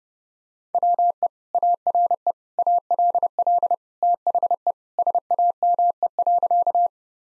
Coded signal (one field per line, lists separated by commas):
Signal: Morse code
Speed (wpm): 30 wpm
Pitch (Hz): 700 Hz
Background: none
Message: WE ARE ALL THE SAME.